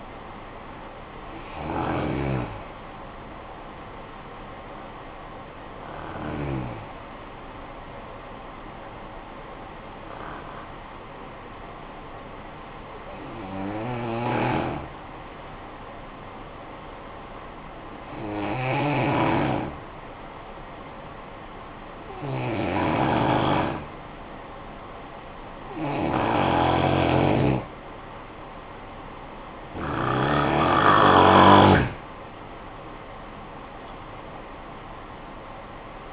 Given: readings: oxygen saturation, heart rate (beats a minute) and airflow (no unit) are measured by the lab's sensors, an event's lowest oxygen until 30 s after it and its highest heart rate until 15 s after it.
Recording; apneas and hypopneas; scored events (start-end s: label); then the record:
breathing in sleep by a voice recorder at the bedside; 1
6.00-26.20 s: hypopnea (N1, oxygen 96% highest, then 89% lowest, heart rate 52 at the start, 70 highest)
From the record:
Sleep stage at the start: N1 (lightest sleep); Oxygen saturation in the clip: 90 to 96%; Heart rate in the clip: 49 to 66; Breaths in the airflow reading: 9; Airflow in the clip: -9.5 to 10.9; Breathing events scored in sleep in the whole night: 445 in 7.6 hours asleep